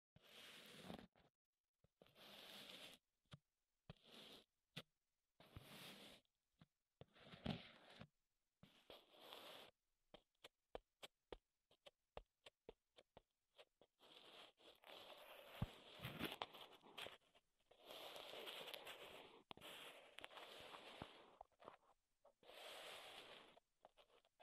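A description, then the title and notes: Wood triggers: short scratchy rubbing bursts with pauses, then a run of quick sharp taps, giving way to longer, denser scraping toward the end. ASMR Wood Triggers in Your Ears (No Talking).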